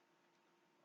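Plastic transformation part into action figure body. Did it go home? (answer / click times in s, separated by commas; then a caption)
no / none. A plastic transformation part is handled against the body of a Transformers Legacy Soundwave action figure with upgraded shoulder sliding pieces, producing faint soft ticks over a steady broadband hiss. The part has not yet seated or clicked into place.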